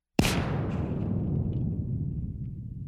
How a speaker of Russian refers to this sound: И только у одного храброго матросика вдруг выстрелило по-настоящему его деревянное ружье.